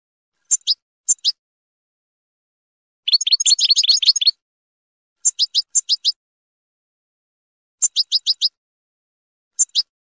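Finch giving high chirps: short groups of quick notes, a fast dense trill in the middle, all against a quiet background.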